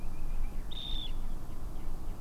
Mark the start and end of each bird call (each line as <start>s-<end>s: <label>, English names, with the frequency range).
0.00s-0.70s: Common Nightingale (1.6-3.1 kHz)
0.69s-1.12s: Dunlin (2.3-4.4 kHz)
1.48s-2.15s: Common Nightingale (1.4-3.6 kHz)